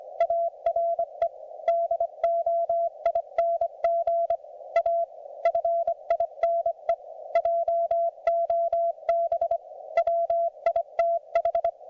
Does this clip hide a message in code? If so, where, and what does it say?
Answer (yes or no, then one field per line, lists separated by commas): yes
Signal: Morse code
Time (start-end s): 0.2-11.7 s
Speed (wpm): 24 wpm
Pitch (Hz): 690 Hz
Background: none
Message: ARE DOING A FINE JOB WITH